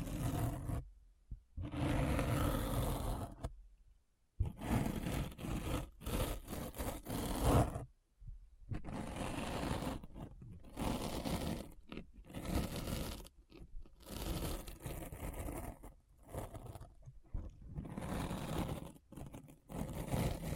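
A deep scratching sound comes in dense, rough bursts that run for a second or two, broken by sudden dead silences. The bursts are uneven and grinding, heavy in the low end with a gritty hiss above, and the gaps grow more frequent toward the end.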